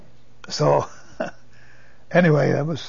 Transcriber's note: he laughs